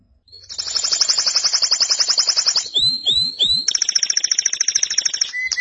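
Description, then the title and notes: Canary song: a long rapid high trill, three swooping whistled notes, then another fast pulsed trill ending with short chips. "BM Suara Burung Kenari"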